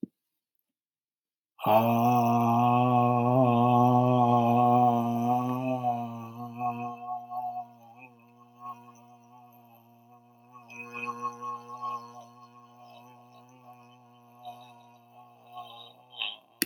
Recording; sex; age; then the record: vowel held as long as possible; male; 60 to 69 years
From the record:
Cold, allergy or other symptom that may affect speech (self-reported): no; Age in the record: 64 years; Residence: Florida, United States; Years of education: 13